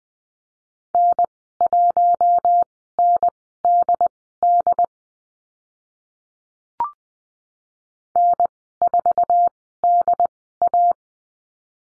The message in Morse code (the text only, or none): N1NDD N4DA